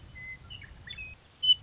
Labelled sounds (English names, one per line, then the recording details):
Western Meadowlark
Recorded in Sonoma County, California